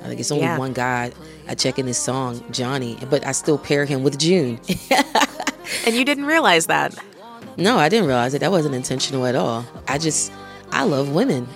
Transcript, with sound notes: ...It's only one guy I check in this song, Johnny, but I still pair him with June (laughter)
And you didn't realize that?
No, I didn't realize it. That wasn't intentional at all. I just - I love women.